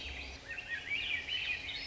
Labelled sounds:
Swainson's Thrush (Catharus ustulatus)
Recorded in Sonoma County, California

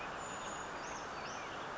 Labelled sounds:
Brown Creeper (Certhia americana)
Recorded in Sonoma County, California

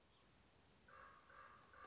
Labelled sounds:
Common Raven (Corvus corax)
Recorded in Sonoma County, California

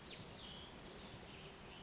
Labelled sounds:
Western Flycatcher (Empidonax difficilis)
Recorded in Sonoma County, California

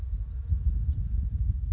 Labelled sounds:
House Finch (Haemorhous mexicanus)
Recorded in Sonoma County, California

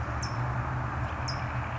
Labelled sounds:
California Towhee (Melozone crissalis)
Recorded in Sonoma County, California

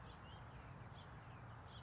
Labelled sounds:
California Towhee (Melozone crissalis)
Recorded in Sonoma County, California

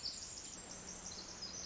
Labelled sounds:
Pacific Wren (Troglodytes pacificus)
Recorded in Sonoma County, California

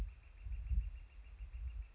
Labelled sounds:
Northern Flicker (Colaptes auratus)
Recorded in Sonoma County, California

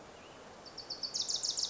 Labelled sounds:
Wilson's Warbler (Cardellina pusilla)
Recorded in Sonoma County, California

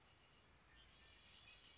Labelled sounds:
Red-winged Blackbird (Agelaius phoeniceus)
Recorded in Sonoma County, California

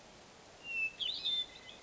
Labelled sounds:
Hermit Thrush (Catharus guttatus)
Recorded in Sonoma County, California

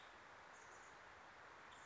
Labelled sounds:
Nuttall's Woodpecker (Dryobates nuttallii)
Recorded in Sonoma County, California

